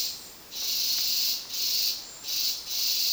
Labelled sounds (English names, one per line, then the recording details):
none
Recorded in dense forest near Puerto Asís, Putumayo, Colombia, on 21 February 2024 at 13:30
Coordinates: 0.466, -76.327
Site G6413